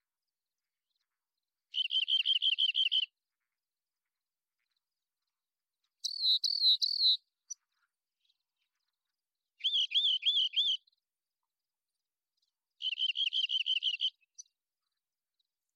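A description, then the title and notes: A rock wren sings four separate phrases, each a fast, even trill of repeated bright, buzzy notes lasting about a second, spaced three to four seconds apart with silence between. One phrase is higher pitched than the others, and a soft extra chip follows some. Rock Wren, Salpinctes obsoletus, long song sequence, isolated from Double mid-side original, natural pace and rhythm maintained Recorded in the beautiful Pacific Northwest, Washington, United States.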